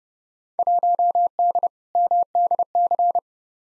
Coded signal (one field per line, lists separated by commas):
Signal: Morse code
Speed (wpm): 30 wpm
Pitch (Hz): 700 Hz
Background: none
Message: 1D MDC